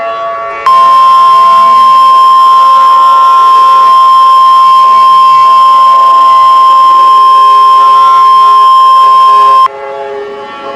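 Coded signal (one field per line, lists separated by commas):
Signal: Emergency Alert System (SAME) tones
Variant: 1050 Hz attention tone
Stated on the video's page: Fictional EAS scenario.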